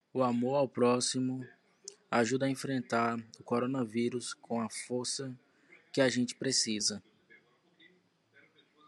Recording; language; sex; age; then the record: spoken sentence; Brazilian Portuguese; male; 30 to 39 years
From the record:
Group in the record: control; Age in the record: 30 years